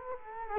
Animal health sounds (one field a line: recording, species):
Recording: mosquito wingbeat signal from an infrared sensor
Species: Culex quinquefasciatus